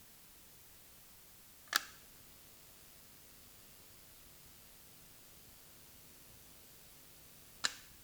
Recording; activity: daily activity, guitar pickup as the sensor; operate light